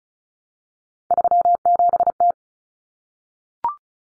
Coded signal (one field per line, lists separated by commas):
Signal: Morse code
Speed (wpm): 34 wpm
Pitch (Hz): 700 Hz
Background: none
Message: 37T